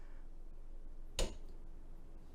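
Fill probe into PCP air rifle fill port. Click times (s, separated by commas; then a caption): 1.2 s. A metal fill probe is pushed into the fill port of an Umarex Origin .25 PCP air rifle. It gives one sharp click at 1.2 s over a steady low hiss. This is only the first detent: the probe is not yet fully home, and a second level remains.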